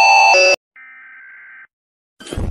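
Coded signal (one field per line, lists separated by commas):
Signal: Emergency Alert System (SAME) tones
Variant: header bursts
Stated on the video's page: Animated fictional EAS alarms.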